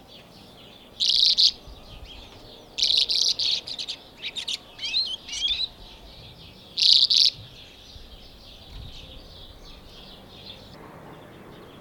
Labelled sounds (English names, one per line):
Common Redpoll song